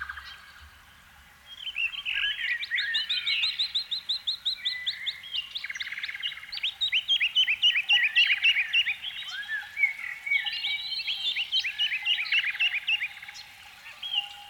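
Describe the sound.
Canary singing after a short quiet start, with fast repeated trills, buzzy rolls and bright whistled slurs in rhythmic bursts, backed by a constant hum.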